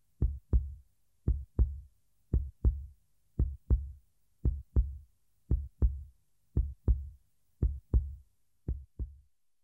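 An adult's heartbeat, slow and regular at about 58 beats per minute. Each beat is a pair of deep, low thumps, lub-dub, with a short gap between the two sounds and a longer pause before the next pair.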